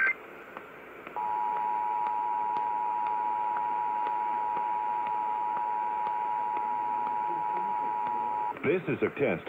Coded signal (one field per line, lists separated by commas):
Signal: Emergency Alert System (SAME) tones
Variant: 853 and 960 Hz attention tone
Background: speech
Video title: Kentucky Required Monthly Test (EAS #568)